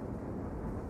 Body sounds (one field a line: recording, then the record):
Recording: background sound without coughing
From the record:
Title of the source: Train Ride Ambience ambient white noise for sleeping, focus, studying, reading